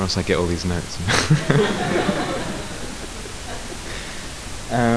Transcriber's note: laughter